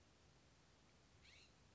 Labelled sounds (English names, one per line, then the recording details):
California Scrub-Jay
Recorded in Sonoma County, California